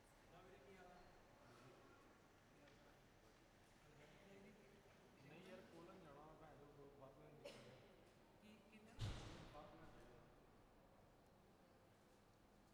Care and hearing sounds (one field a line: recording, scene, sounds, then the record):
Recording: everyday scene through a hearing-aid microphone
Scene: reverberant space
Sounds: background noise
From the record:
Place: railway station hall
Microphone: behind the ear, left, rear